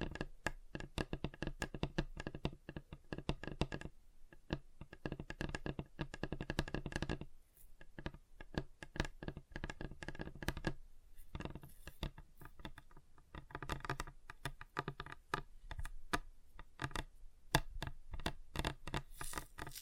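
Fingers tap on a table in quick, dense, irregular bursts, each tap short and sharp with a clicky, hollow knock. The rattle runs nearly without pause, thinning briefly around four, seven and eleven seconds before picking back up, with a few louder hits late on.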